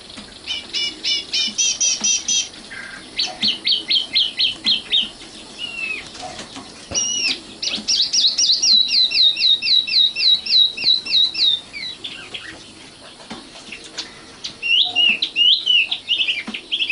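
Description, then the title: Oriental magpie-robin song in varied bursts of rapid repeated chirps and trills, brief pauses between phrases, then sweet looping whistles. Kacer song. "Kicau Kacer"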